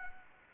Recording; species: mosquito wingbeat signal from an infrared sensor; Anopheles arabiensis